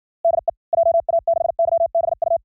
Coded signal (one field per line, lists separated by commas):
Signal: Morse code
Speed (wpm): 60 wpm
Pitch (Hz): 670 Hz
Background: none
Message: DE JA6YBU